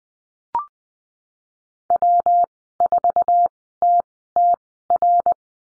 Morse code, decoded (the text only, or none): W4TTR